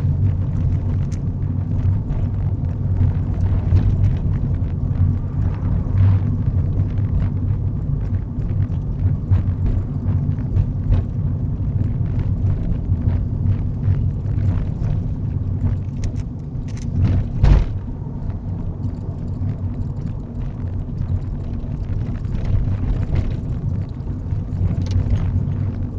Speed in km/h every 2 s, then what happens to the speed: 26, 26, 26, 26, 26, 26, 24, 24, 24, 24, 27, 29, 29.
0-18 steady at about 26.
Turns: none.